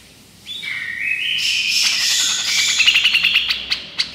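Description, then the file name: Grey-cheeked Bulbul with a few whistled notes that run into a dense buzzy chatter, ending in sharp separate harsh notes. Female bird. "suara cucak jenggot betina"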